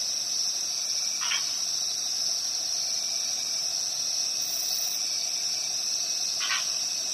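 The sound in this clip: Cricket trilling in a steady, unbroken high-pitched buzz throughout, with two brief lower pulsed chirps.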